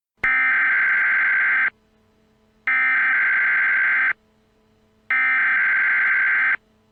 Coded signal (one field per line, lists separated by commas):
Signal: Emergency Alert System (SAME) tones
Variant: header bursts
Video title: EAS Scenario : EAS CHANNEL.